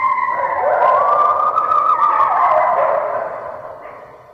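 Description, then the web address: Red wolf giving a long wavering howl, steady and loud at first, wobbling in pitch, then sliding lower and fading over the last second. "Red Wolf Howling red wolf howling"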